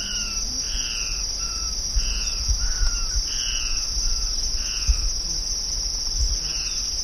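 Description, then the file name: Ocellated crake calling, a series of short slurred descending notes, over a constant high insect drone and low rumble. "Micropygiaschomburgkii"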